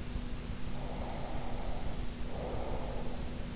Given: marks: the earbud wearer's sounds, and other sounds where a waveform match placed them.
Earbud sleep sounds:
sounds in sleep by an in-ear microphone; breath
0.71-3.54 s: breath

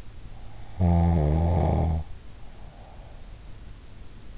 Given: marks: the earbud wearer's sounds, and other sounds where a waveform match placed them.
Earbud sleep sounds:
sounds in sleep by an in-ear microphone; snoring breath
0.65-3.61 s: snoring breath

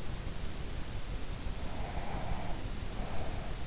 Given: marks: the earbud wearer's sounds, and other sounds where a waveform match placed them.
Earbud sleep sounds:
sounds in sleep by an in-ear microphone; breath
1.64-3.57 s: breath

